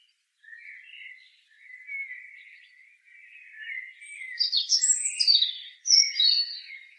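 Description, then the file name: European robin beginning quietly with low twittering, then swelling into bright, high-pitched tumbling notes that grow louder toward the end. "Erithacus rubecula"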